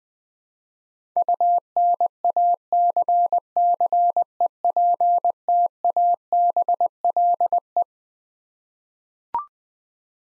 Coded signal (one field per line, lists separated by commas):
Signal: Morse code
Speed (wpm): 21 wpm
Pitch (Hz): 700 Hz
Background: none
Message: UNACCEPTABLE